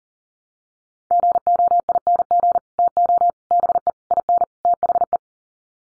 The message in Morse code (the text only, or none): GOING TO BE IN THE